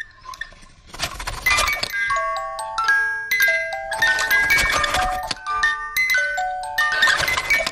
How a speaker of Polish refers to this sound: Uchwyt do papieru toaletowego będący jednocześnie pozytywką. Tak. Pociągnięcie za papier toaletowy powoduje uruchomienie mechanizmu i dzięki temu możemy w przyjemnej atmosferze dokończyć dzieło.